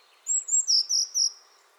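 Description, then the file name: Eurasian blue tit call of two high, drawn-out thin notes followed by three lower notes over a soft steady background hiss. "Cyanistes caeruleus"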